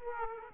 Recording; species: mosquito wingbeat signal from an infrared sensor; Aedes aegypti